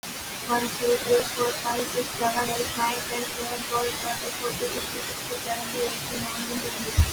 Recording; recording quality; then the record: counting at a fast pace; excellent, no background noise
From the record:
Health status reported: healthy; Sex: female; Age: 23 years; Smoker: no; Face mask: worn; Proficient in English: yes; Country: India